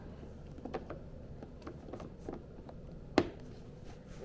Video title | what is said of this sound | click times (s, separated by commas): I'll never buy another Dodge after this! | just like that. Clicks right in there. | 3.2 s